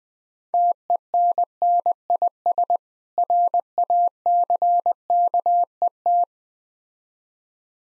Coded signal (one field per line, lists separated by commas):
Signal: Morse code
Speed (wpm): 20 wpm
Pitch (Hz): 700 Hz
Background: none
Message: TENNIS RACKET